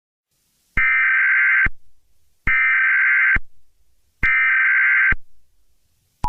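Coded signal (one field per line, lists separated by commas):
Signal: Emergency Alert System (SAME) tones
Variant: header bursts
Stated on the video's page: Fictional emergency alert scenario; tones may or may not be valid EAS tones.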